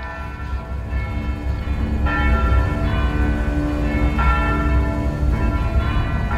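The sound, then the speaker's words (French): Church bells ring out in a full, continuous peal in the small town of Guernica at 4:30 pm on 27 April 1937, their loud metallic tones overlapping into a dense, shimmering wash, with fresh strikes swelling in every couple of seconds and no voices. “Il est 16h30, ce 27 avril 1937, lorsque les cloches se mettent à sonner à toute volée.”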